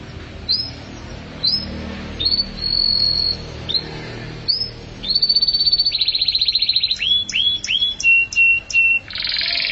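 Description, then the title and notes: Atlantic canary song: a series of rising whistled notes and held tones, then fast buzzy pulsed trills and quick downslurred notes ending in a harsh burst. "Suara Burung Kenari"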